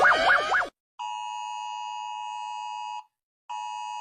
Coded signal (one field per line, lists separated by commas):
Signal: Emergency Alert System (SAME) tones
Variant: 853 and 960 Hz attention tone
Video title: rating EAS alarms (sound warning)